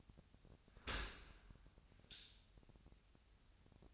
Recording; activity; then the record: daily activity, microphone in the room; open dishwasher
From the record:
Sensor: 2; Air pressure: 1006.5 hPa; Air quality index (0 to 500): 203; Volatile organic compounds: 15 ppm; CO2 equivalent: 2482 ppm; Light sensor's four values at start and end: 9/21/9/9 and 9/21/9/9